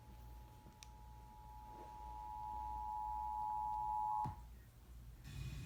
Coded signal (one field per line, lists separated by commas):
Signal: Emergency Alert System (SAME) tones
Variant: 853 and 960 Hz attention tone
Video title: 2019 National Periodic Test (TV EAS #26)